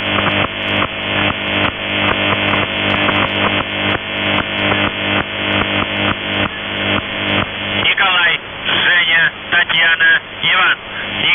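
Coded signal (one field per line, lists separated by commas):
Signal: channel marker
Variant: UVB-76 (The Buzzer)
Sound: rapid repeated harsh buzzes for eight seconds, then a man's voice reading a message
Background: radio static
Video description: "The Buzzer" is a Russian military radiostation that broadcasts on 4625 kHz.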